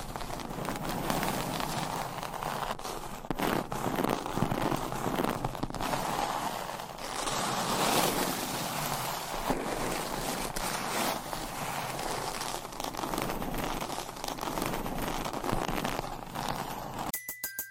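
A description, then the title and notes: A surface is scratched and traced in a dense, rough rasp that runs almost without pause, with quick gritty strokes and brief taps breaking through. Loudness stays fairly even throughout, and the sound cuts off abruptly near the end. ASMR Surface Scratching - Tapping - Tracing.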